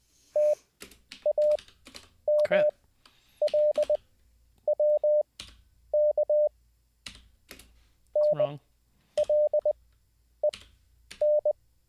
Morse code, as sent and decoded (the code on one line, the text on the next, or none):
- .- -- .-.. .-- -.- / -. .-.. . -.
TAMLWK NLEN